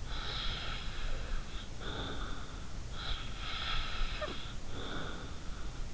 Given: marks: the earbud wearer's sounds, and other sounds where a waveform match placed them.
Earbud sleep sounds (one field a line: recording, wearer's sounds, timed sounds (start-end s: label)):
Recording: sounds in sleep by an in-ear microphone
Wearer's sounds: snoring breath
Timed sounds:
0.12-2.69 s: snoring breath
2.93-5.71 s: snoring breath